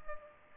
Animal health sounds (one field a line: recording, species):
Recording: mosquito wingbeat signal from an infrared sensor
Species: Culex pipiens